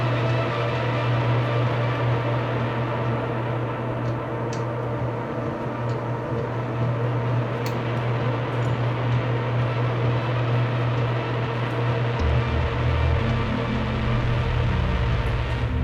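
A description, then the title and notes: A washing machine runs with a steady, loud mechanical hum and a strong low drone. Faint scrapes and light ticks surface now and then, and around twelve seconds the low rumble becomes rougher and more uneven. There was something inside my washing machine making a noise. Not just any noise but a kind of organic yet electric circuit shorting out kind of noise, I carefully opened the lid of the washer with a piece of 2x4.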